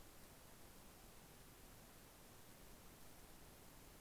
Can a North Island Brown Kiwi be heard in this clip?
no